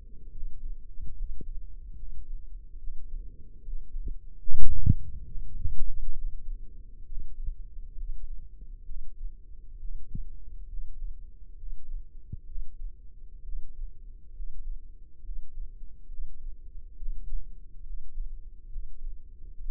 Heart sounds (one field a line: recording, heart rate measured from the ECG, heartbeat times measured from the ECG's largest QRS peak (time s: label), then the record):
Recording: heart sounds by microphone in the left ear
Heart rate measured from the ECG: 69 bpm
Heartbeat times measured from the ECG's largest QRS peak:
0.31 s: heartbeat
1.14 s: heartbeat
1.95 s: heartbeat
2.78 s: heartbeat
3.61 s: heartbeat
4.42 s: heartbeat
5.25 s: heartbeat
6.12 s: heartbeat
7.05 s: heartbeat
7.95 s: heartbeat
8.84 s: heartbeat
9.78 s: heartbeat
10.67 s: heartbeat
11.56 s: heartbeat
12.45 s: heartbeat
13.42 s: heartbeat
14.32 s: heartbeat
15.21 s: heartbeat
16.07 s: heartbeat
16.96 s: heartbeat
17.83 s: heartbeat
18.69 s: heartbeat
19.54 s: heartbeat
From the record:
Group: healthy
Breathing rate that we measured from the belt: 18 breaths a minute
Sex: male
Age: 35 years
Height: 178 cm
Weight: 64 kg